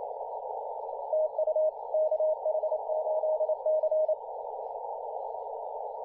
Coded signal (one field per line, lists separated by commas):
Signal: Morse code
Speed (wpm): 28 wpm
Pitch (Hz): 620 Hz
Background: radio noise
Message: TU KH8C